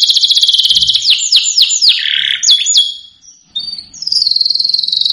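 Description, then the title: Domestic canary song: rapid buzzy high trills, then a run of downward-sweeping notes, a brief pause, and a fast steady trill to finish. Song played to excite Belgian canaries into singing back at once. "Canto Para Esquentar Canário Belga. Suara Kenari Bikin Emosi & Langsung Nyaut"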